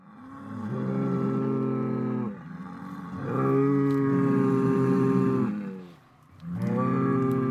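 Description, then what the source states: Cattle: a cow giving long, steady moos, three in turn separated by brief quieter pauses. Cattle in a meadow.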